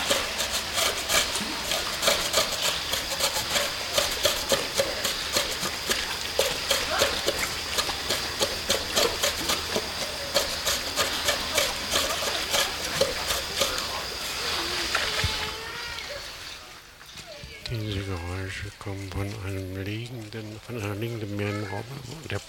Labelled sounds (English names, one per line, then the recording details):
South American Sea Lion call
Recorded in captivity
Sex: male
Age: adult
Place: Münchner Tierpark Hellabrunn, Bayern, DE
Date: 1993-09-20 12:28
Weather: 17 °C, heiter
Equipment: Marantz CP 430, Sennheiser MKH 416 T, Kopie Uher Variocord 263
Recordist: Tembrock, Günter